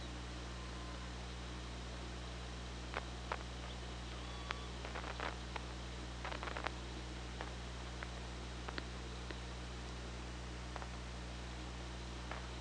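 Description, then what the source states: Killer whale click trains, dense in the middle, with faint short tonal calls between, over a persistent low hum and hiss. Recorded by OrcaLab hydrophone on 24 August 2017 at 15:43.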